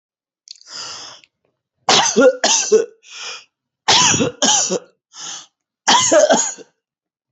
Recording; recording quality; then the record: heavy voluntary cough; excellent, no background noise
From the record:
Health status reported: healthy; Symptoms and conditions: none ticked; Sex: male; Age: 30 years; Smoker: not ticked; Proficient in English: yes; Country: India